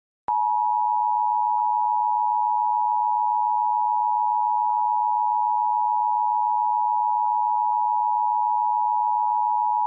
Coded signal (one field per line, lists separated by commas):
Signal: Emergency Alert System (SAME) tones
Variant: 853 and 960 Hz attention tone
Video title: EAS Mock #22 : Tornadic on Maine